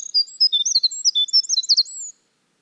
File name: Winter Wren